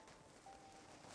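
A Sapphire PULSE Radeon RX 7700 XT Gaming OC graphics card is handled as it is pushed toward a motherboard PCIe slot with a small retention clip. Only a steady, low handling noise is heard, growing slightly louder from about 0.5 s, with a faint thin tone near 800 Hz. Nothing has seated or clicked yet.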